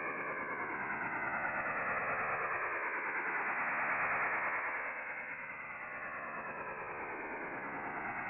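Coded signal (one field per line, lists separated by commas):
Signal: HF data modem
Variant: STANAG 4285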